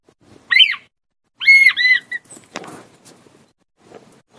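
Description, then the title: Red-winged tinamou whistling: one arched note, then two more arched whistles close together, followed by a few dry clicks and rustles. Male singing to the female. "Perdiz Cantando. Perdiz Macho Cantando Para A Fêmea"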